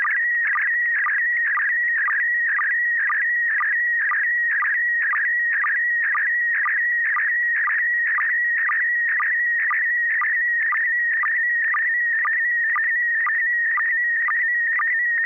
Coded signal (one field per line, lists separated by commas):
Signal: SSTV (slow-scan television)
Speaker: good evening uh kl7hqr yes i copied uh very well although quite a few pops